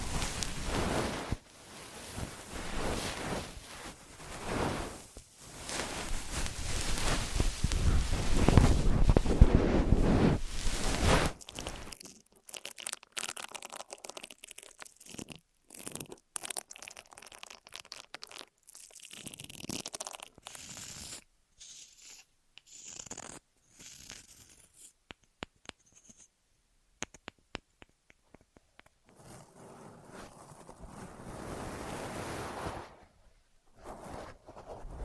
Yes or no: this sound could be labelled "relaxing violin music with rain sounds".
no